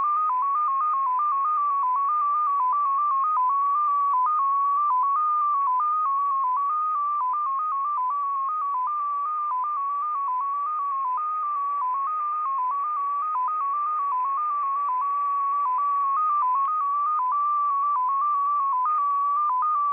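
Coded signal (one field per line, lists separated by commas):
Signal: multi-tone FSK (Olivia or MFSK type)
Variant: XPA2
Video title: XPA2 Data Mode 22/06/2023 1120 UTC 14982kHz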